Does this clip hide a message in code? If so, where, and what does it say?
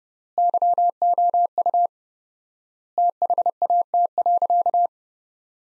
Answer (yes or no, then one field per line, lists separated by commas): yes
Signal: Morse code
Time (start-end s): 0.4-4.9 s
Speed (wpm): 32 wpm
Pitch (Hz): 700 Hz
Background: none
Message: YOU THAT.